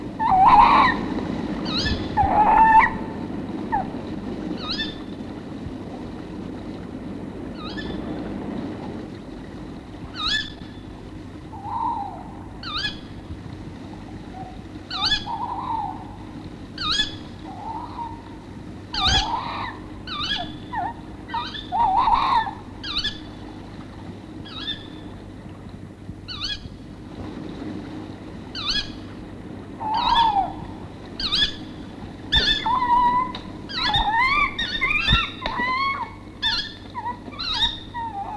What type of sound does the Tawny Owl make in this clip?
call